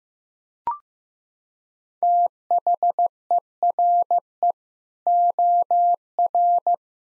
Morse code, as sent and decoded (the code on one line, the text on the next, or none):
- .... . .-. . / --- .-.
THERE OR